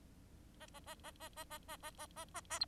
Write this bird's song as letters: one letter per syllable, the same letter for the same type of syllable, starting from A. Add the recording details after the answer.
A A A A A A A A A A A A A B. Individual Bird4